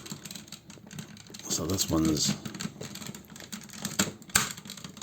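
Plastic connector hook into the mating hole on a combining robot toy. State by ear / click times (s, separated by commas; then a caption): seated / 4.4 s. A plastic connector hook on a combining transforming robot toy is brought into its mating hole, slid in, and rotated until it locks, while someone talks. Small plastic taps and handling noises lead up to a sharp click at 4.4 s. The hook is seated in place.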